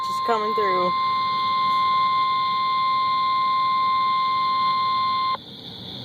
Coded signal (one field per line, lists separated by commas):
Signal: Emergency Alert System (SAME) tones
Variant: 1050 Hz attention tone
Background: speech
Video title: TRIPLE HEADER Severe Thunderstorm Watch, Warning, then Watch (EAS #432-434)